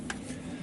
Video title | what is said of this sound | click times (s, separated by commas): Charcoal and Chimney Starter Comparison | it comes out and snaps in place | 0.1 s